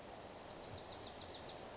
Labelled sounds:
Wilson's Warbler
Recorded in Sonoma County, California

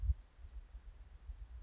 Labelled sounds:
California Towhee
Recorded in Sonoma County, California

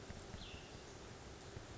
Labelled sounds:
Cassin's Vireo
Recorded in Sonoma County, California

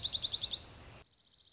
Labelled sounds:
Dark-eyed Junco
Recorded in Sonoma County, California

